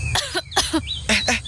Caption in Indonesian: Kok lu batuk sih? Aku batuk karena asap itu. Ada yang lagi bakar sampah.